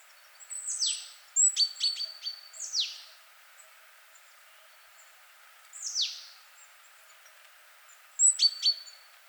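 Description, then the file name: Great tit calls: bursts of crisp clicking notes with a thin sustained whistle, separated by high sliding downward sweeps, repeating irregularly. "Parus major"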